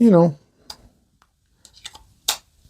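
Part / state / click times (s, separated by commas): plastic perfume cap onto bottle top / seated / 2.3 s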